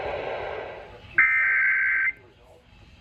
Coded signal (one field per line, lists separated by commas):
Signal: Emergency Alert System (SAME) tones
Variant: header bursts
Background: speech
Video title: [EAS #55-67] Beyond SoCal - Day 1 - EAS alert compilation from 1/9/2023